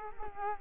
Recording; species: mosquito wingbeat signal from an infrared sensor; Culex quinquefasciatus